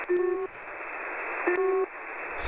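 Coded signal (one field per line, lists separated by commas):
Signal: channel marker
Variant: UVB-76 two-tone beeper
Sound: two short buzzy low beeps about a second apart over shortwave hiss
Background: radio static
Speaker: the Russian buzzer has become the Russian beeper or the Russian two-tone beeper on 4625 khz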